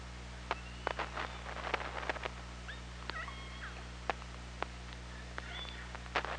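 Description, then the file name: Killer whale calls: several short tonal, harmonic calls bending up and down in the middle, among sharp scattered clicks over a steady low underwater hum. Recorded by OrcaLab hydrophone on 24 August 2017 at 17:39. "Orca Lab UTLN JASON 20170824 173915"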